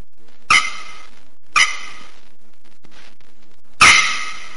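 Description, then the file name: Bearded bellbird song: three loud, explosive metallic clangs, the last one strongest, separated by quiet gaps. "Canto da araponga do nordeste"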